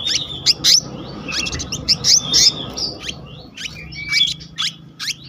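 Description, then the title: Selendang biru songbird delivering dense, high chirps and quick whistled notes in tight clusters over a steady low rumble of background noise. Song in the continuous rolling style called gacor ngeroll, with isian (filler notes). "BURUNG SELENDANG BIRU GACOR NGEROLL ISIAN"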